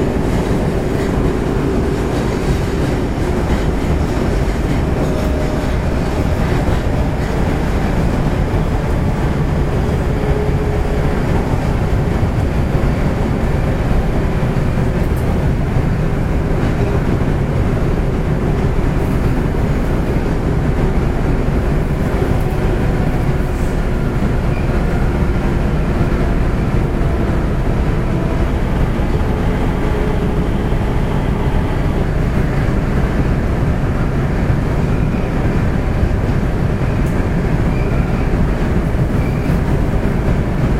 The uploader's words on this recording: 大阪市営地下鉄 30000系 谷町線 谷町４丁目から八尾南まで. 大阪市交通局 30000系電車の走行音です。 谷町線で録音しました。 It is a running sound of the Osaka city subway 30000 series train.